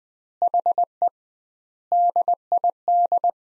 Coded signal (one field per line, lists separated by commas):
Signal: Morse code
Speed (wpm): 20 wpm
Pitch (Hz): 700 Hz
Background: none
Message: HE DID